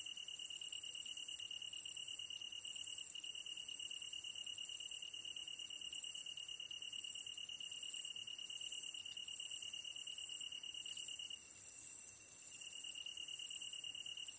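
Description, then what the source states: Steady, sustained tree cricket trill, briefly dipping near the end, beneath a second insect's rapid, repeated high buzzing phrases. Kantan tree cricket recorded together with ezo-tsuyumushi katydid at night, 15 August 2010, 22:39, with a DH-D50.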